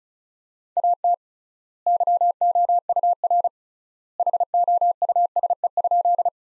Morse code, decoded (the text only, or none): AT YOUR HOUSE?